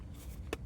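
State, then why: Seated. A plastic sunshade hood, meant to keep sunlight glare off the screen, is pressed onto the housing of a MechMaxx tractor backup camera monitor. A single sharp click at 0.5 s rises above a low background hum as the hood snaps into place and seats.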